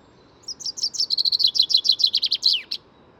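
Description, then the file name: Common chaffinch delivering a single cheerful song: accelerating run of high chips descending in stages, finished by a loud swooping end note, surrounded by near silence. "Fringilla coelebs"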